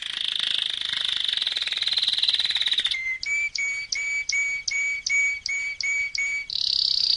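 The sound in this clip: Canary singing a rapid rolling trill, then several clear whistled notes repeated evenly, then a high fast trill.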